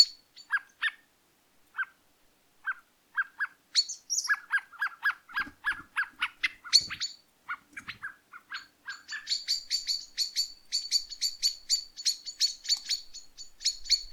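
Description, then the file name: Common blackbird with spaced low chuck notes becoming denser and faster, building into a continuous harsh rattling series in the second half. "Turdus merula"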